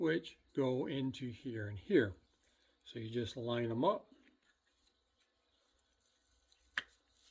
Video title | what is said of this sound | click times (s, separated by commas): AQQA Cleaning kit in action! #aquariumcleaning #aquariumcare #aquariummaintenance | and push it till you hear it click, | 6.8 s